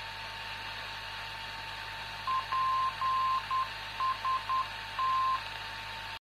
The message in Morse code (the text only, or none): PST